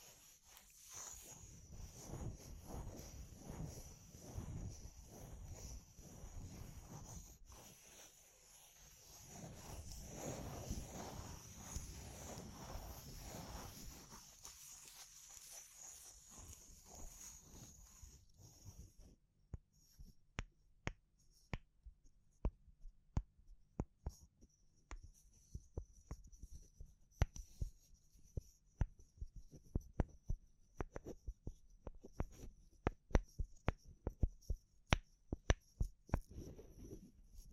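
Handling of wood, bamboo and straw, starting with a dense, low rustling and rubbing that swells and fades for about eighteen seconds. Afterward the sound turns sparse and crisp, with sharp irregular taps and clicks over a faint steady high whine.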